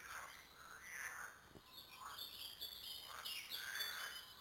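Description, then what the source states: Frogs croaking in short rasping bursts, overlapped by high bird whistles and chirps. Several frogs recorded at Lüssow.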